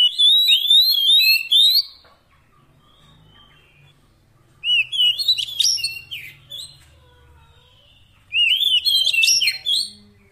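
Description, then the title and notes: Oriental magpie-robin song in three bursts of rich, varied whistles and chirps, separated by quiet gaps, with a faint low hum underneath. Long-duration fill-in song to get the bird singing eagerly day and night. "Kacer Jadi Gacor Siang Malam. Isian Kacer Durasi Panjang"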